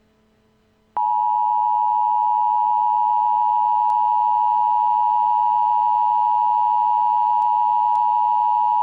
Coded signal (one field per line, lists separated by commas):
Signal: Emergency Alert System (SAME) tones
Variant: 853 and 960 Hz attention tone